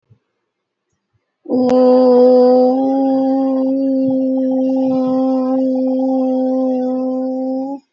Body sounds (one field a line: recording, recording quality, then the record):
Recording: sustained vowel as in boot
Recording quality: excellent, no background noise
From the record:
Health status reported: healthy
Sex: female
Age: 28 years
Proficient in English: yes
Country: India